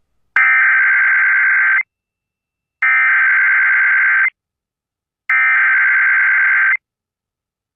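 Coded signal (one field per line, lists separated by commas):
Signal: Emergency Alert System (SAME) tones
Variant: header bursts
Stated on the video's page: California Amber Alert tones relayed on AM broadcast radio via IPAWS and via NOAA Weather Radio in Los Angeles County.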